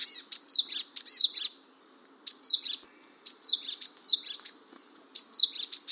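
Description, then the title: Japanese tit calls: bursts of sharp, high chirps with quick downward slurs, repeated in four groups with short silent gaps between them. "suara burung gelatik batu jepang"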